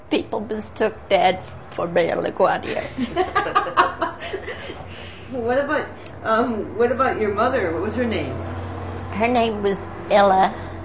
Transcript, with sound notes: people mistook dad for Mayor La Guardia (both laughing)
What about your mother, what was her name?
Her name was Ella,